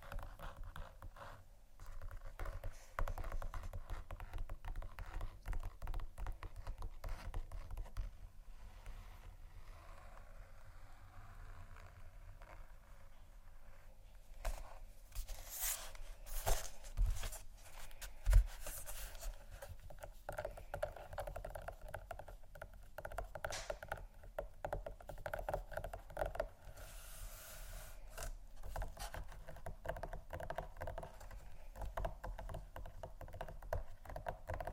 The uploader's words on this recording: ASMR Scratchingtapping On Textures（No Talking）.